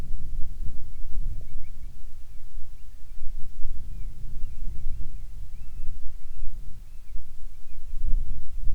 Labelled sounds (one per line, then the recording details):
seabird
wind
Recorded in the Arctic National Wildlife Refuge, Alaska, on 7 July 2019 at 18:59
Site 41